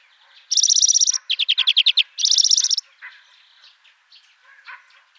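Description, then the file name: European greenfinch giving rapid trilled bursts, a high ringing trill alternating with a lower, slower rattling series, then softer twittering notes. "Chloris chloris"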